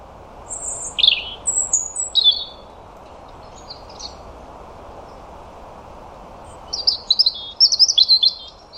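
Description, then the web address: European robin singing short high twittering phrases and thin whistles, pausing amid low background hiss, then ending with a fast run of bright trilled notes. "Deverinetal 2025 File origin Bird Only Er Ru"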